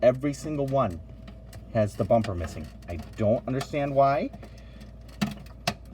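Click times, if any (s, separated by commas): 5.2 s, 5.7 s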